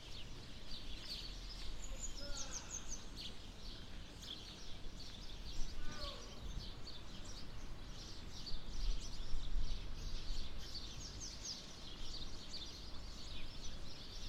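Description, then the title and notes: Bird song: many small birds trill and chirp continuously, with a few clearer descending notes standing out, all over constant low-pitched background noise. Birds nesting in trees on both sides of a path up to the church in Sete Cidades, Azores. "Atonal church bells, Sete Cidades. The church bells in Sete Cidades in the Azores ring out. birds nesting in the trees either side of a path leading up to the church provide a more melodious accompaniment. Recorded by Cities and Memory"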